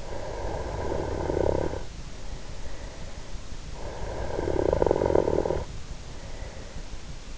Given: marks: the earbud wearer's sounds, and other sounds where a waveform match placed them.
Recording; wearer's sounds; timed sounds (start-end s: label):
sounds in sleep by an in-ear microphone; snoring breath
0.00-3.44 s: snoring breath
3.70-7.33 s: snoring breath